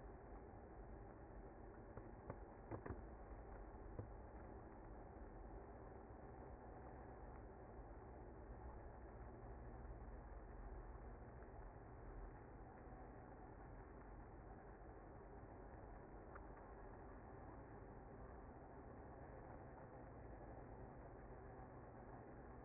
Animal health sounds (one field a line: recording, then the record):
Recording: honeybee colony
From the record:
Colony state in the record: active